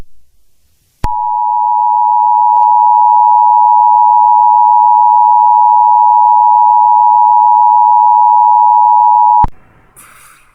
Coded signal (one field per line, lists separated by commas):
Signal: Emergency Alert System (SAME) tones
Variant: 853 and 960 Hz attention tone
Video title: Poppy Playtime Chapter 2 EAS Huper Extended (NOT A REAL EAS NOT ON THE AIR) May Have Valid EAS Tones